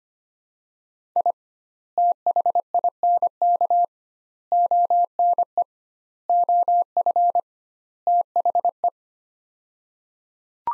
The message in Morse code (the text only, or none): I THINK ONE OF THE